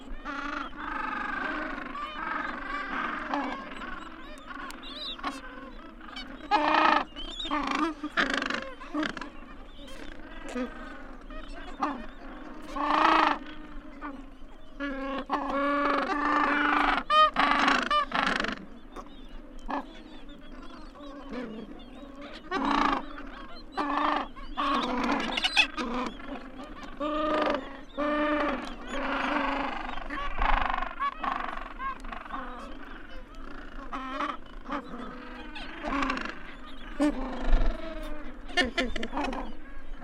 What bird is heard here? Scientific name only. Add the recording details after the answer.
Pygoscelis papua. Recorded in the wild. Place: Yankee Harbour, Antarctica, AQ. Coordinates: -62.31, -59.46. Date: 2019-01-02. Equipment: Olympus LS-100, Sennheiser ME66. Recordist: Beaulieu, Michaël